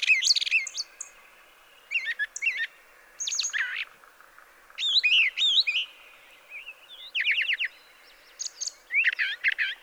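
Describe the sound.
Brown thrasher song with rapid clusters of sweeping, chattering notes and clear whistles, phrases separated by short pauses.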